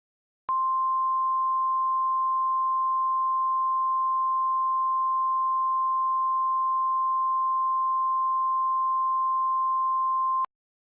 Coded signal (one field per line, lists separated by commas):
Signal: Emergency Alert System (SAME) tones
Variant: 1050 Hz attention tone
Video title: EAS Classic: Rhino Attack EAS (Revised)